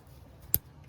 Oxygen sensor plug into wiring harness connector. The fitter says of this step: goes into that slot, and then you wait till it clicks